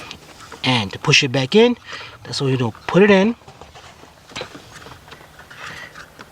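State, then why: Not seated. A person fits the new ignition lock cylinder on a 2006–2013 BMW 325i, 325xi, 328i, 328xi, 335i or 335xi and handles the plastic steering column trim cover, pushing it back on around the ignition lock. Someone talks over the first half, followed by quieter handling noises and a few brief sharp taps. Nothing has seated or clicked yet.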